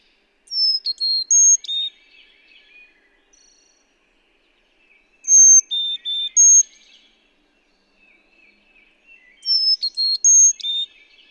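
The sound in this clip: Bird giving a whistled phrase of four to five clear notes, high then lower, repeated three times with quiet twitters between.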